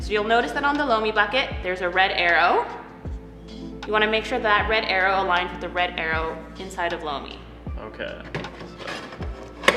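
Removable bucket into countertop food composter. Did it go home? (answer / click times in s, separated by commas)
yes / 9.7 s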